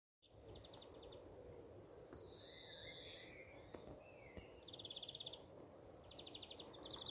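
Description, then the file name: European greenfinch calls: rapid rattling trills of evenly spaced notes and one long, buzzy wheeze, over faint background hiss. "Chloris chloris"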